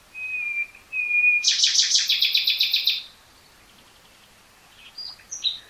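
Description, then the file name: Common nightingale song: two level pure whistles, then a loud rapid run of repeated notes for about a second and a half, then a few soft high notes. "Luscinia megarhynchos"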